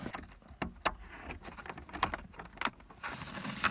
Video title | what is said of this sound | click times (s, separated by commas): How to add an AUX to factory 2003-2007 Honda Accord radio, 7th gen | You can hear that click. It's plugged in. | 2.0 s